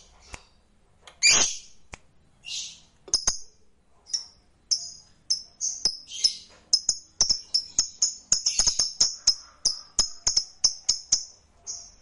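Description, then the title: Lovebird song: a few harsh rasping notes, then an accelerating run of rapid high chirps and clicks building into dense twittering. "Suara Lovebird"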